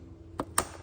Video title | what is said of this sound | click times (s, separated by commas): Ford Explorer Thermostat Replacement 2011 - 2019. DIY | And there you go. Now it's locked in, so you can go ahead and pull up on it a little bit. | 0.4 s, 0.6 s